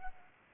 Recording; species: mosquito wingbeat signal from an infrared sensor; Culex pipiens